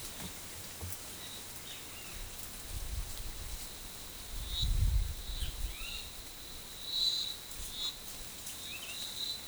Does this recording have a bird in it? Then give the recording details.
no. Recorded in forest near Pivijay, Magdalena, Colombia, on 14 April 2023 at 13:30. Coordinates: 10.467, -74.380. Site Z5-G034